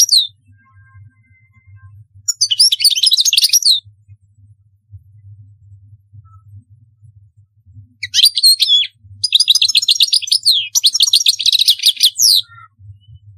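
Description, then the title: European goldfinch song: a short twittering phrase, a pause, then a longer burst of rapid chattering, buzzy trills and chirps, with a steady low hum. "Chant Chardonneret"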